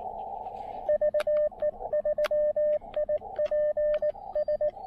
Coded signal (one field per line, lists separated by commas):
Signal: Morse code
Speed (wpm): 18 wpm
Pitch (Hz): 590 Hz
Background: radio noise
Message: VE3IPS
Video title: An amazing QRP POTA ATNO at the Manicouagan Uapishka Biosphere Reserve in Baie-Comeau, Québec!